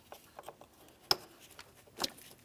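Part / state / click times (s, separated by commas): wiring connector into mass airflow sensor / seated / 1.1 s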